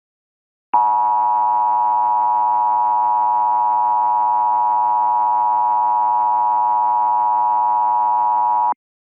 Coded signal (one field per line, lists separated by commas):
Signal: Emergency Alert System (SAME) tones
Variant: 853 and 960 Hz attention tone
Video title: EAS Scenario - Wrath of the Protogens